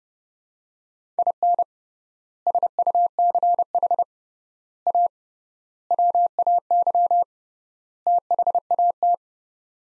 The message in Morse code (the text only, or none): IN SUCH A WAY THAT